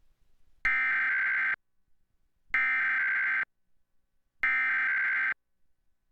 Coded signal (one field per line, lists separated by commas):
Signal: Emergency Alert System (SAME) tones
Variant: header bursts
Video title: WHAS - Required Monthly EAS Test - 12:15am 6/17/2015